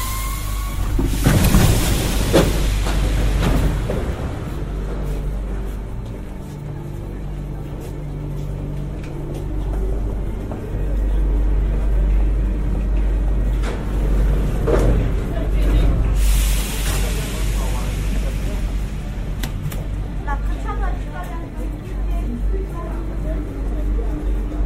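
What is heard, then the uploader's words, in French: A Paris métro ride with a constant heavy low rumble of the train throughout. Bursts of bright screeching and clatter rise near the start, around fifteen seconds and again near seventeen seconds, with faint voices and scattered clicks underneath. Métro parisien.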